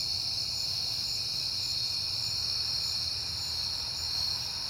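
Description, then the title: Crickets produce a shrill, continuous chorus over faint low rumbling. Recorded at night in September on a peaceful night. "Night Time: Crickets and Passing Cars"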